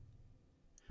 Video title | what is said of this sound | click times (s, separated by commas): Removing & replacing parts for HP 280 G4 Small Form Factor PC - HP Computer Service | until the three plastic tabs click into place | 0.8 s